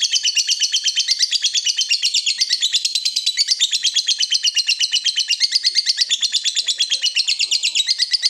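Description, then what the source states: Yellow-vented bulbul chattering: a dense, continuous run of rapid high ticking notes, steady throughout with no pauses. Bird lure recording.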